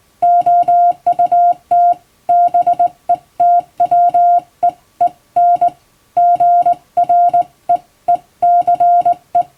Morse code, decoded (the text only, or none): OUT BETWEEN GREECE